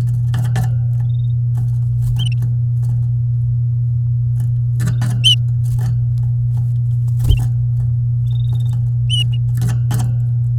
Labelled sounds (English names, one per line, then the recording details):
Domestic Canary song
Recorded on 9 May 2018 at 10:29
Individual llb16